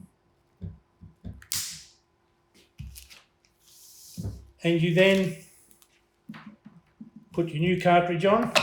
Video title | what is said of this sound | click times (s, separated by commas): Gator XL - Two options for chemical pump repair or replacement | that just clicks into place here | 1.5 s